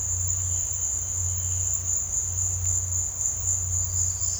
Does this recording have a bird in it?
no